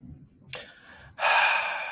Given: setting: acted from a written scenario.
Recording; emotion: vocal sound without words; pride